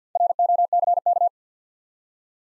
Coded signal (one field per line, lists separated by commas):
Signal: Morse code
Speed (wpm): 50 wpm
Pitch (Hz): 700 Hz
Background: none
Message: ROCK